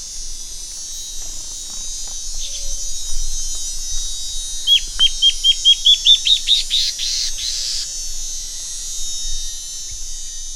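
Bird song: a run of short downward-sweeping notes that quickens and rises before dissolving into a buzzy blur, with a faint chirp earlier.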